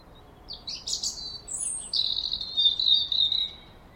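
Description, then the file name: European robin song with quick high twittering notes leading into a long, thin, slightly wavering sustained whistle. "Erithacus rubecula"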